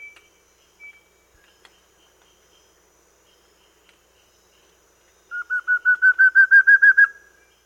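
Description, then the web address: Fulvous-bellied antpitta: after a quiet stretch with faint high tones, a quick series of whistled notes, gradually rising and strengthening. South America. "Natures Songs S America Fulvous-Bellied Antpitta"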